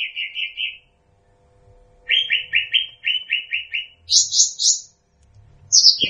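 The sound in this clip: Bird song of short buzzy chirp series, rapid repeated notes around mid-high pitch in bursts, with a higher trill near the end and pauses between phrases.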